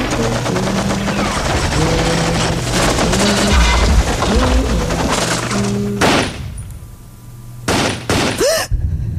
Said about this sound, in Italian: Quegli spari, cos'è stato?